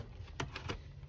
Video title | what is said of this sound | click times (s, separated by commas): Vacuum Repairman - How to Replace Dyson Lower Hose | All right. So I can feel that clip's in there, and then I'm just going to push nice and hard. | 0.4 s, 0.6 s